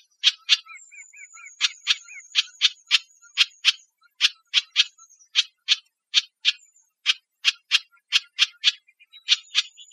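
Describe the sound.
House wren giving harsh, raspy scolding notes in a rapid, steady series, with some thin whistled notes in between.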